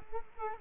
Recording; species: mosquito wingbeat signal from an infrared sensor; Culex quinquefasciatus